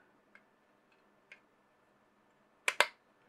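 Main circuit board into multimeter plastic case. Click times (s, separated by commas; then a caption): 2.7 s, 2.8 s. The main printed circuit board of a DT830B kit digital multimeter is pressed down into the multimeter's plastic front case until it clips in. Two faint ticks come at 0.3 s and 1.3 s, then two sharp, loud clicks at 2.7 s and 2.8 s as the board snaps into place. The board is seated and looks good.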